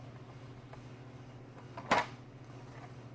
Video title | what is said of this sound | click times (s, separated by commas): SaniServ® Model 704 Frozen Beverage Machine Training Video | it just snaps into place | 1.9 s